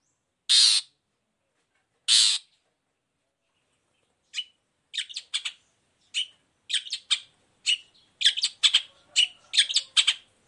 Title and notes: Cendet Gacor Dor Di Kala Pagi Toet Toet Variasi Suara. Pancingan Emosi Cendet Gacor Full Variasi Toet Toet Bikin Nyaut Cendet Lain Langsung Ikutan Bunyi. Burung cendet